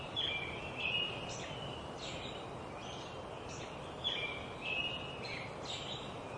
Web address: robbin welcomes dawn in tuolumne meadows forest yosemite